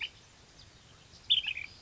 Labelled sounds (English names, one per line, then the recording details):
Ash-throated Flycatcher
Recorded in Sonoma County, California